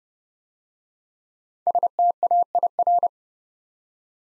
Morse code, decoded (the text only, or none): STAIR